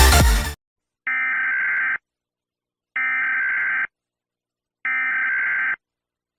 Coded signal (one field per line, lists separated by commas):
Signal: Emergency Alert System (SAME) tones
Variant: header bursts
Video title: EAS Short Scenario 32 - The Foods Contamination